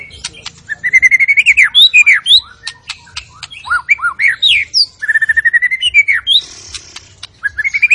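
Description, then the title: White-rumped shama song: a fast, varied stream of rich whistles, sweeping slurs and sharp clicks, with quick repeated notes and brief pauses between phrases. Lure sound of an energetic white-rumped shama singing its full repertoire, meant to stir up other shamas. "PANCINGAN MURAI BATU. MURAI GACOR SUPER EDAN SEMUA MATERI DI KELUARIN COCOK BUAT DONGKRAK EMOSI. SHAMA BIRD"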